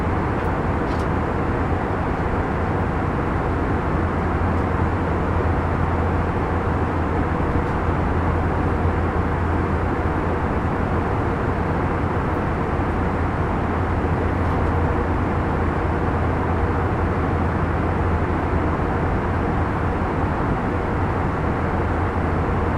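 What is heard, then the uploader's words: A steady, unbroken airplane engine roar fills the cabin, dense and low with a constant hum underneath and faint clicks scattered throughout. Full Flight From Ft.Lauderdale To San Juan, Puerto Rico. Plane Sounds, Flight Sounds. Engine Sounds, Mechanical Sounds.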